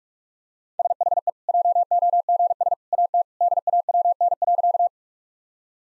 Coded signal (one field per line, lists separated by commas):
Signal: Morse code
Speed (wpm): 46 wpm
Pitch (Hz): 700 Hz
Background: none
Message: SHE JOGS AT DAWN.